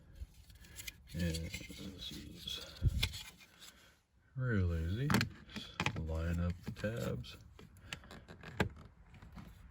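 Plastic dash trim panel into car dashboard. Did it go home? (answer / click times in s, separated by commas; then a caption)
no / none. Someone talks while lining up the tabs of a piano black and silver plastic driver-side dash trim panel against the dashboard of a 2015+ Subaru WRX, with light plastic taps and handling noises. The panel has not snapped into place yet; nothing has seated or clicked by the end of the clip.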